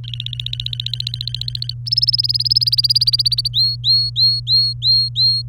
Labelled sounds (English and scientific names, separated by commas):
Domestic Canary (Serinus canaria) song